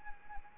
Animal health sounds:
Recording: mosquito wingbeat signal from an infrared sensor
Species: Anopheles arabiensis

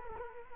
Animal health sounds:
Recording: mosquito wingbeat signal from an infrared sensor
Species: Culex quinquefasciatus

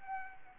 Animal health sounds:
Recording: mosquito wingbeat signal from an infrared sensor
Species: Anopheles arabiensis

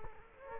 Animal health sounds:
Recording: mosquito wingbeat signal from an infrared sensor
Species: Culex quinquefasciatus

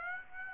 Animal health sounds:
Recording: mosquito wingbeat signal from an infrared sensor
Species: Aedes aegypti

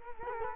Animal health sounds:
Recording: mosquito wingbeat signal from an infrared sensor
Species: Culex quinquefasciatus

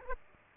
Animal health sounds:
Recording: mosquito wingbeat signal from an infrared sensor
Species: Aedes aegypti

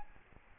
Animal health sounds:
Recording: mosquito wingbeat signal from an infrared sensor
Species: Aedes albopictus

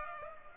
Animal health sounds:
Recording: mosquito wingbeat signal from an infrared sensor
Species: Culex pipiens

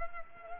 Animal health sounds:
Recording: mosquito wingbeat signal from an infrared sensor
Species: Culex quinquefasciatus

